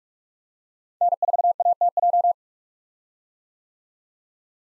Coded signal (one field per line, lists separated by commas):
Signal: Morse code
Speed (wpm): 43 wpm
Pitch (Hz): 700 Hz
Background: none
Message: N4ATJ